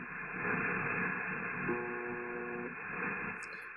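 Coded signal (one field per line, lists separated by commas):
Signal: channel marker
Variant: UVB-76 (The Buzzer)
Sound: hissy shortwave static with one roughly one-second low harsh buzz in the middle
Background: radio static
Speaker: Il s'agit d'une station russe, UVB 76, qu'on appelle aussi The Buzzer, parce que ça buzz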